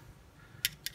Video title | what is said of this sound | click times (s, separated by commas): Beretta APX Striker Guide Installation | the back plate on and you're gonna hear click you'll get a click from the | 0.7 s, 0.9 s